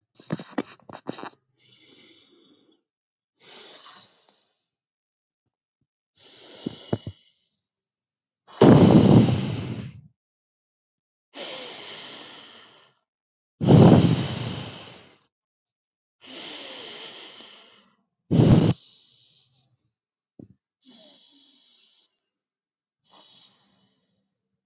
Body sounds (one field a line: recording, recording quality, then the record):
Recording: deep breathing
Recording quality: excellent, no background noise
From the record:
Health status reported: exposed to COVID-19, no respiratory illness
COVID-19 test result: negative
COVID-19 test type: RT-PCR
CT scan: not taken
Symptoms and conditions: none ticked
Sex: female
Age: 23 years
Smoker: no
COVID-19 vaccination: both doses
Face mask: not worn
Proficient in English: yes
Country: India